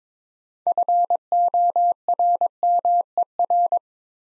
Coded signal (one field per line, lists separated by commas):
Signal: Morse code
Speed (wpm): 22 wpm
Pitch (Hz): 700 Hz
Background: none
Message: FORMER